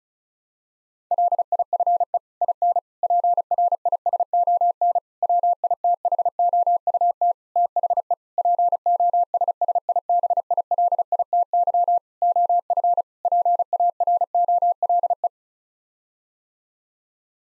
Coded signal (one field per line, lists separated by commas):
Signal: Morse code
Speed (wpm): 34 wpm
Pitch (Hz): 700 Hz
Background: none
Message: LIFE IN PRISON WITHOUT THE POSSIBILITY OF PAROLE